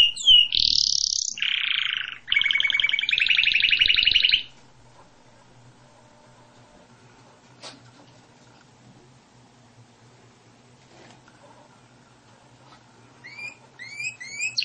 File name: Canary Voice